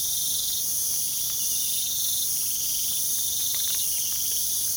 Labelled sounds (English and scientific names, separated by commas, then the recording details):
none
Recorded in pastures near Puerto Asís, Putumayo, Colombia, on 25 June 2025 at 00:30
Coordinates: 0.497, -76.327
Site G040